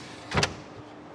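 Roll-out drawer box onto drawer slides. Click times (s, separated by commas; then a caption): 0.4 s. A roll-out drawer box is set back onto its drawer slides and pushed down until it snaps in place. Two quick, sharp hits come at 0.4 s and 0.4 s, on top of a short broadband rush. The drawer box is seated on its slides.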